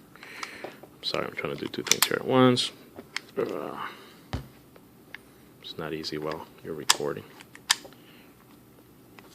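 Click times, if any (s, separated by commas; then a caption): none. During reassembly of a CZ-75 P01 compact pistol, someone works a metal part, the slide or slide stop, back into the frame while talking, with scattered sharp metallic handling ticks and taps between the words. Nothing has seated or snapped into place yet by the end of the clip.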